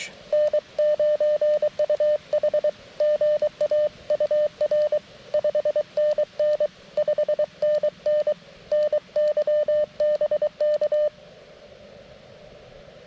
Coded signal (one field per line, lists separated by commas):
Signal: Morse code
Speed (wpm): 22 wpm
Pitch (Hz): 590 Hz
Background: radio noise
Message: N9UH GA UR 5NN 5NN NY BK